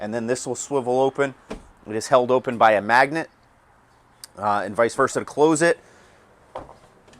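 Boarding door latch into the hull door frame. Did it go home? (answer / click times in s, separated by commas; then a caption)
yes / 6.6 s. Someone talks while the boarding door on the side of a 2022 Pursuit DC326 boat, held open by a magnet, is swung closed using its squeeze-trigger mechanism, with a brief sharp tap at 4.2 s during a pause. The door's latch locks into the hull door frame with a sharp click at 6.6 s, followed by a softer tick, and the door is locked closed.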